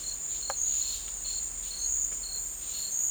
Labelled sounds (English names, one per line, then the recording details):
none
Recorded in dense forest near Puerto Asís, Putumayo, Colombia, on 20 December 2024 at 13:30
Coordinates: 0.485, -76.318
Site GP03